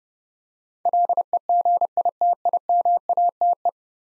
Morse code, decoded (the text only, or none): LEGITIMATE